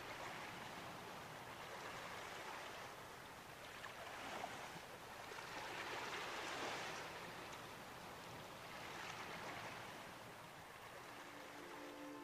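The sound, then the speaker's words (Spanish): Ocean waves roll in and break on a beach in slow, broad surges of hissing foam, swelling and fading every few seconds over a steady wash of surf, with no voices. “Permanece unos segundos sobrevolando la playa y escuchando el armonioso sonido relajante de las olas.”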